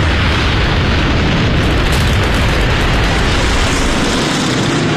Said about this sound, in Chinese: 伴随日本飞机的轰炸声，美国宣布加入二战。